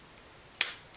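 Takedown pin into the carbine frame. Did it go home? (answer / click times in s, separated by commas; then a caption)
yes / 0.6 s. During reassembly of a Hi-Point 995TS carbine, a tool pushes the metal takedown retaining pin back into the frame. After quiet, a single sharp, bright snap sounds at 0.6 s and fades over about a quarter second. The pin is seated back in place.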